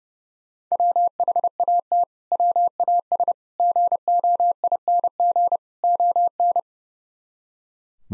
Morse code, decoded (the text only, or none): WHAT WAS GOING ON